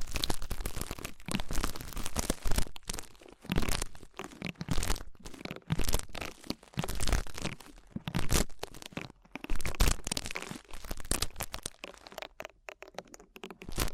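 Ear cleaning sounds: dense, scratchy crackling and rubbing with crinkly, tearing textures, full from low thumps to bright hiss. Bursts come in quick irregular clusters separated by short near-silent gaps, thinning into sparser, quieter clicks near the end.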